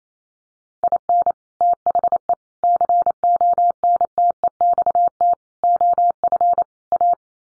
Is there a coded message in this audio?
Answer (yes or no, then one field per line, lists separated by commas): yes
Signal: Morse code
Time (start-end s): 0.8-7.1 s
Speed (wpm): 28 wpm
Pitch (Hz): 700 Hz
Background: none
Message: IN THE CONTEXT OF A